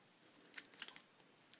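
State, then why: Not seated. The leg of a plastic Maketoys MT-03 Hypernovae transforming robot figure is wiggled for clearance and lined up against its hip/body joint, giving a few short, light plastic ticks around 0.6, 0.8, 0.9 and 1.0 s over quiet background. The leg has not clicked into place yet; nothing has seated.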